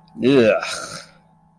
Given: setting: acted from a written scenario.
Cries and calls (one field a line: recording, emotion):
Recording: vocal sound without words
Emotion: disgust